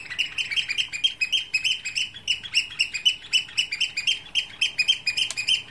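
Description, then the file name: Eurasian oystercatcher giving rapid, high piercing peeps in a continuous run of about four per second. "Austernfischer"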